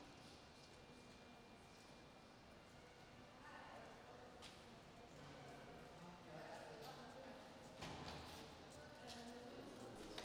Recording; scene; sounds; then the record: everyday scene through a hearing-aid microphone; reverberant space; background noise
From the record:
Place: railway station hall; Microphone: in the ear canal, right